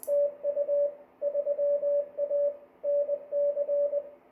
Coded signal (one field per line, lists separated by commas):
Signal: Morse code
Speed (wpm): 20 wpm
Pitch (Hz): 580 Hz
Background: radio noise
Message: TU 3A NC